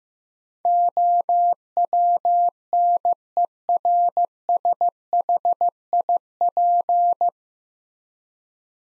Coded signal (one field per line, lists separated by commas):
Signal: Morse code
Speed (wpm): 15 wpm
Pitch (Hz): 700 Hz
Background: none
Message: OWNERSHIP